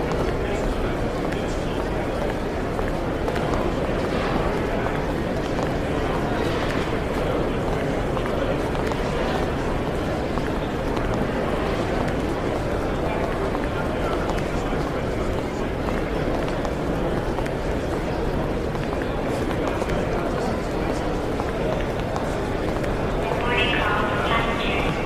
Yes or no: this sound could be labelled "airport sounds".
yes